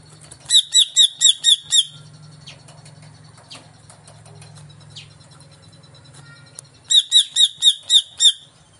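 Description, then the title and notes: Greater green leafbird song: a crisp series of six evenly spaced ringing notes, a long gap with soft sounds and low hum, then another identical series. Song of a singing-active (gacor) bird played as a lure (pancingan) to prompt a caged cucak ijo to sing when hung up. "Pancingan CUCAK IJO Mau Di Gantang. Cucak Ijo Gacor"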